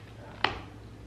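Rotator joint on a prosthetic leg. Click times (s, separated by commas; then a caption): 0.4 s. A prosthetic leg's rotator joint is turned straight back so it relocks, giving a single sharp click at 0.4 seconds over a quiet background. The click confirms the rotator is locked in position.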